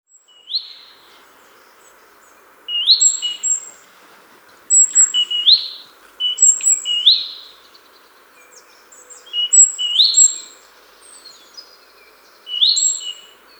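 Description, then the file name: Great tit calls: short bright notes in several clusters, mixed with thin high whistled notes. "Parus major"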